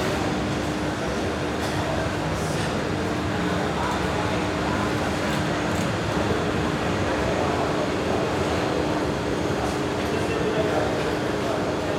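A train platform in Rome with people around, heard as a steady, dense wash of rumbling train noise and murmur. A constant low hum runs throughout, with faint brief clicks and knocks scattered across the twelve seconds and no clear loud events.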